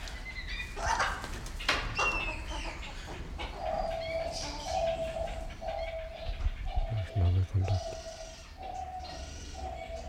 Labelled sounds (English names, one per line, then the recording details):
Blue-winged Kookaburra call
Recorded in captivity
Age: adult
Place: Zoo Berlin, Berlin, DE
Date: 1992-12-25 10:53
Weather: heiter, -7°C
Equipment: Marantz CP 430, Sennheiser ME 80, Kopie Uher Variocord 263
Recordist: Tembrock, Günter